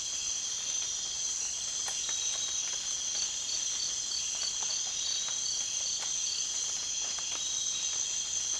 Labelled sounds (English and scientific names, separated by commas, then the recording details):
none
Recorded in dense forest near Puerto Asís, Putumayo, Colombia, on 25 June 2025 at 04:00
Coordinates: 0.466, -76.327
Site GP04